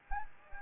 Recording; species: mosquito wingbeat signal from an infrared sensor; Anopheles gambiae